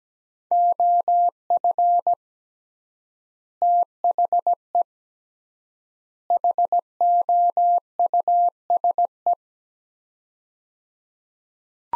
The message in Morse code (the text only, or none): OF THE HOUSE